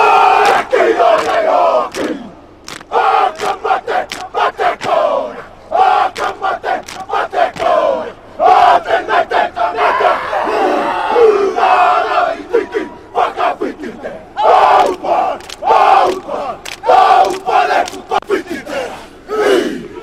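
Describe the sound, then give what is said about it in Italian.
The All Blacks, New Zealand's national rugby team, perform their haka: a group of men shouting a loud, rhythmic war chant in forceful bursts, with sharp stamps or slaps and a stadium crowd roaring underneath throughout. “Questa la haka degli All Blacks, della nazionale della Nuova Zelanda, che ai noi ci ha battuto gli azzurri, ma chiaramente lo spettacolo è stato impagabile.”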